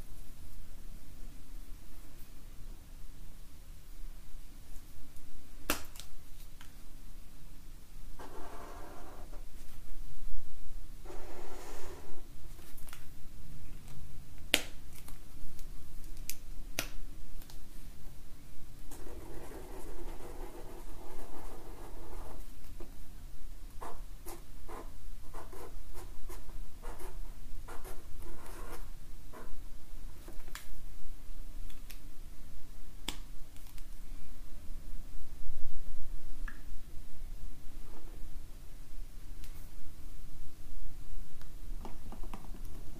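Markers squeak and scratch across paper in short strokes, with sharp taps and clicks scattered throughout and a steady low hum underneath.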